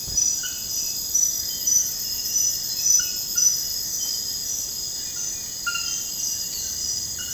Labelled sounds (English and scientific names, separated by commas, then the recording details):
none
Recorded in dense forest near Puerto Asís, Putumayo, Colombia, on 19 February 2024 at 04:00
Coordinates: 0.472, -76.329
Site G6394